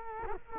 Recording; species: mosquito wingbeat signal from an infrared sensor; Culex quinquefasciatus